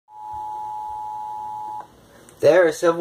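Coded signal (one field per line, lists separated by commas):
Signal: Emergency Alert System (SAME) tones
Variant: 853 and 960 Hz attention tone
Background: speech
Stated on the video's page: Fictional alert about a made-up civil war.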